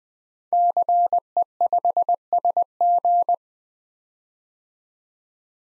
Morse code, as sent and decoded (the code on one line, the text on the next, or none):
-.-. . ..... ... --.
CE5SG